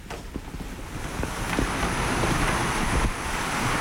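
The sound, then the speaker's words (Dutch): Steady rain heard while walking through a corridor of a sports club building in Tytsjerksteradiel, making a dense, even hiss with scattered small taps and splashes breaking through. No one speaks, and the wash of sound holds at a fairly loud level throughout. “Nou, je kan de regen goed horen hier.”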